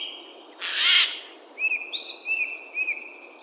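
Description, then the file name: Eurasian jay giving a single harsh, rasping screech, followed by a few thin whistled notes. "Garrulus glandarius"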